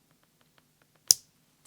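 A plastic top cover is pushed onto a servo plug's connector housing, over the locking tabs that keep the wires from coming out. After a few faint ticks, it snaps on with one sharp, bright pop at 1.1 s and is seated. A softer sound follows at about 1.7 s.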